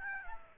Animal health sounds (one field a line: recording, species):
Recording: mosquito wingbeat signal from an infrared sensor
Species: Aedes aegypti